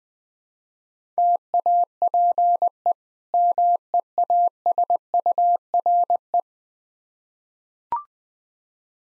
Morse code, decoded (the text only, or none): TAPE MEASURE